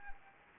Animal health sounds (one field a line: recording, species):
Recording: mosquito wingbeat signal from an infrared sensor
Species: Anopheles gambiae